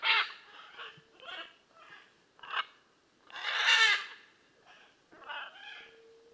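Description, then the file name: Blue-and-yellow macaw calling with loud, raucous squawks and screeches, a long harsh scream in the middle flanked by shorter grating notes. "Blue and yellow Macaw Ara ararauna"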